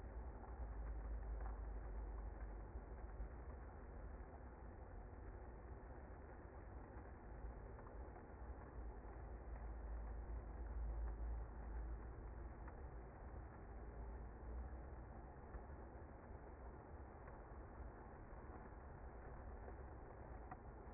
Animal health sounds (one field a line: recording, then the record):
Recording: honeybee colony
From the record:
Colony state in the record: active